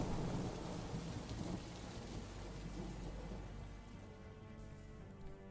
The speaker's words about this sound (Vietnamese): Trong nhà tiếng lửa cháy tí tách, ngoài trời tiếng sấm nổ đi đùng, từng tia chớp sáng lòa rực lên, rồi sau đó là một màn mưa dày đặc chút xuống.